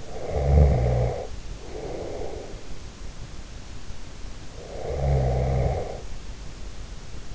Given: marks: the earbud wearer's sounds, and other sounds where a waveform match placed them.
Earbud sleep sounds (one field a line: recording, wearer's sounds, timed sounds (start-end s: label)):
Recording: sounds in sleep by an in-ear microphone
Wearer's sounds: snoring breath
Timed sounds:
0.00-2.79 s: snoring breath
4.56-6.22 s: snoring breath